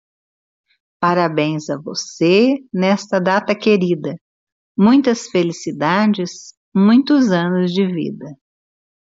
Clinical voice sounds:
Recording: short text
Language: Brazilian Portuguese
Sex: female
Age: 60 to 69 years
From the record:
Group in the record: control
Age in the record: 62 years

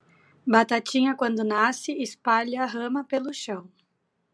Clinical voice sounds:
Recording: short text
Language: Brazilian Portuguese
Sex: female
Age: 20 to 29 years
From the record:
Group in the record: control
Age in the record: 25 years

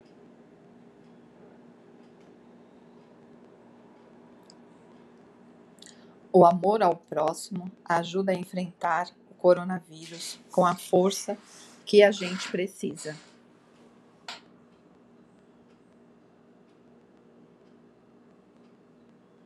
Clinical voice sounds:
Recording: spoken sentence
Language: Brazilian Portuguese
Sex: female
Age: 50 to 59 years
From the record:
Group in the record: control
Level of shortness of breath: 0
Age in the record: 53 years

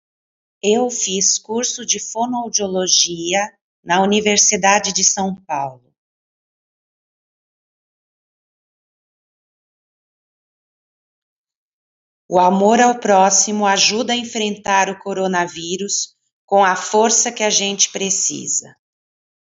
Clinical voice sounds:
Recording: spoken sentence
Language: Brazilian Portuguese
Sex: female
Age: 50 to 59 years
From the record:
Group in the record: control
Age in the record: 51 years

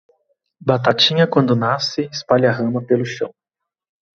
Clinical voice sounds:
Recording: short text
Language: Brazilian Portuguese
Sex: male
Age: 30 to 39 years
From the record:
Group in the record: control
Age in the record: 39 years

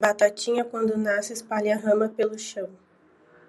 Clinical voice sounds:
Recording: short text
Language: Brazilian Portuguese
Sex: female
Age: 30 to 39 years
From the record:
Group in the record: control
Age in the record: 31 years

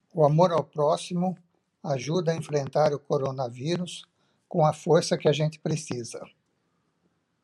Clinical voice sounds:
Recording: spoken sentence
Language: Brazilian Portuguese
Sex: male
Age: 60 to 69 years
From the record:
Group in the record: control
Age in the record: 68 years

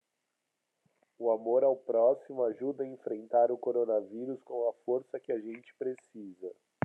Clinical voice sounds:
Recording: spoken sentence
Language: Brazilian Portuguese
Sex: male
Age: 30 to 39 years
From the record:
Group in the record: control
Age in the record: 36 years

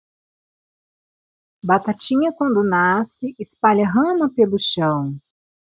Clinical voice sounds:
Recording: short text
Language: Brazilian Portuguese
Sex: female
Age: 30 to 39 years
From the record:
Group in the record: control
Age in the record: 39 years

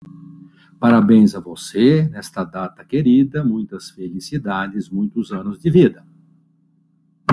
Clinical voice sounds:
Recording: short text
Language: Brazilian Portuguese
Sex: male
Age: 70 to 79 years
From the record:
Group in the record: control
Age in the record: 71 years

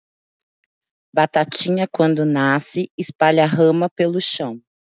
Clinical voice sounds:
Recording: short text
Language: Brazilian Portuguese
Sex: female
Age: 40 to 49 years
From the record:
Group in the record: control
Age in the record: 45 years

